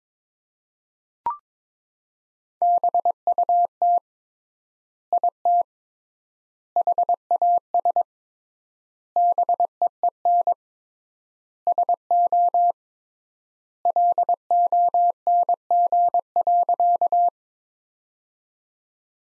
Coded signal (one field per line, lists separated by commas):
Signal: Morse code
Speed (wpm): 22 wpm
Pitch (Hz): 700 Hz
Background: none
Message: BUT IT HAS BEEN SO LONG.